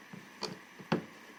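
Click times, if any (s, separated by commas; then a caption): 0.5 s, 0.9 s. The hinged carry handle on the lid of a plastic Ridgid tool box is raised into its upright position, making two short, sharp clicks at about 0.5 and 0.9 seconds, the second louder. The handle locks in place there.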